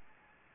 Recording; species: mosquito wingbeat signal from an infrared sensor; Anopheles gambiae